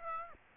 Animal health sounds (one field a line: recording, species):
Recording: mosquito wingbeat signal from an infrared sensor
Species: Aedes aegypti